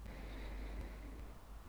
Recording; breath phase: one breath near a microphone; inhalation